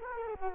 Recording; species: mosquito wingbeat signal from an infrared sensor; Culex quinquefasciatus